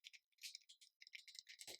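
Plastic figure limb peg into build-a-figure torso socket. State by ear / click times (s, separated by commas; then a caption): not seated / none. A plastic limb peg of a McFarlane Toys DC Multiverse Arkham City Collect N Connect Solomon Grundy build-a-figure is pressed firmly toward its torso socket, producing a run of dry, high-pitched plastic rattling and scraping with brief sharp ticks and a low rub near the end. Nothing has seated or clicked yet.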